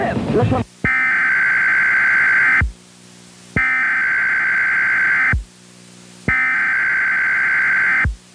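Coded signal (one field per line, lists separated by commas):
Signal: Emergency Alert System (SAME) tones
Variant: header bursts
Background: speech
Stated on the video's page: Recreated EAS alert using valid SAME tones, about space shuttle debris falling over Texas.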